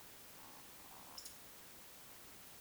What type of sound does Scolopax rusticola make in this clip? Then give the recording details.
whistle, croak. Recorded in Baden-Württemberg, Germany, on 21 June 2020 at 02:23 UTC. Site 49006, 684 m above sea level